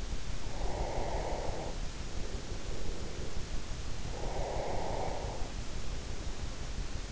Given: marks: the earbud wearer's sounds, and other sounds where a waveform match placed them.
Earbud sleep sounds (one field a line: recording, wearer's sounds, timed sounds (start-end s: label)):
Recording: sounds in sleep by an in-ear microphone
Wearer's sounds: breath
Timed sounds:
0.44-3.40 s: breath
4.08-7.12 s: breath